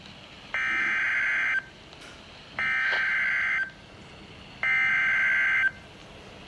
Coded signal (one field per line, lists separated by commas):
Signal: Emergency Alert System (SAME) tones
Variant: header bursts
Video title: Severe Thunderstorm Warning [EAS #49]